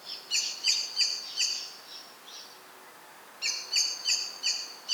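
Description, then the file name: Common blackbird giving a run of metallic chinks with a few fainter notes, a pause of about a second, then another run of chinks. "Turdus merula"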